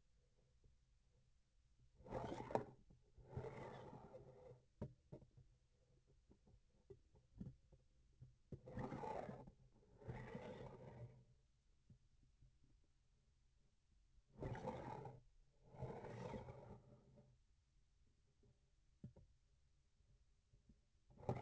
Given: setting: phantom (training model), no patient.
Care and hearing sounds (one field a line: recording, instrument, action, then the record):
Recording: laparoscopic instrument, vibration sensor on the handle end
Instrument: grasping forceps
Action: approaching and retracting movements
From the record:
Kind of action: spatial motion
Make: other than Olympus